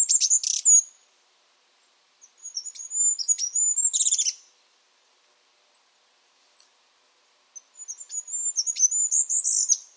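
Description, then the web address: Bird calling in high, thin twittering phrases, three bursts separated by silent gaps, with sharp clicking notes mixed in. "cianscape. Deverinetal 2025. Bird Only"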